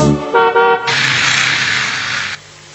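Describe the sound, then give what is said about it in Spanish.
A car horn sounds in two quick bursts, a short beep followed by a longer, bright, buzzy honk, then gives way to a steady rushing hiss that cuts off abruptly. “El auto se escuchó.”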